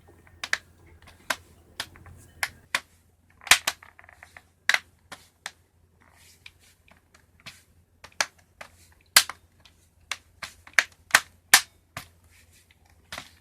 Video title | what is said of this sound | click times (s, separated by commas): Dell Wireless Keyboard - Can It Be Saved? | I think I have all my internal tabs snapped back in. | 4.7 s, 9.2 s, 10.8 s, 11.5 s